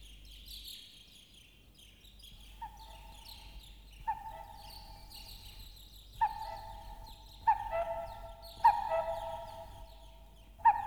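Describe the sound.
Bird giving harsh, nasal, honk-like calls, sparse at first then louder toward the end, with a steady low background rumble.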